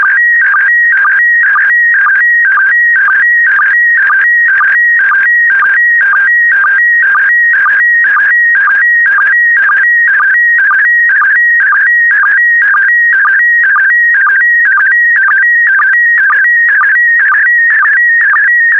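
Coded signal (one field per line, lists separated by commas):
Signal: SSTV (slow-scan television)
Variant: PD120 mode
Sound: warbling, chirping tone with a steady rhythmic beat about twice a second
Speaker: The next image transmission will start in 10 seconds. Five, four, three, two, one. Thank you. Transmission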